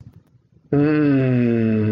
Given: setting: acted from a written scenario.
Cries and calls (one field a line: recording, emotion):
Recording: vocal sound without words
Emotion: romantic love